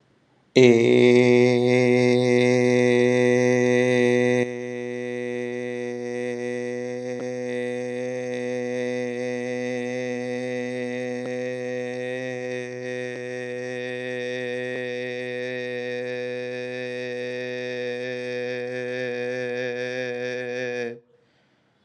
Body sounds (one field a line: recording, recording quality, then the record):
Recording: sustained vowel as in made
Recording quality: excellent, no background noise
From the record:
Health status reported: COVID-19 positive, mild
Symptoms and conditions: cough, cold, sore throat, fever, fatigue, muscle pain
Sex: male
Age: 25 years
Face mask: not worn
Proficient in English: yes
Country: India